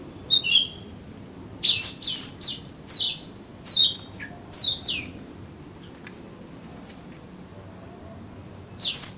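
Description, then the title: Oriental magpie-robin giving a run of sharp, downward-sweeping whistles over a few seconds, then a long pause before a final burst. "Kacer Kacer"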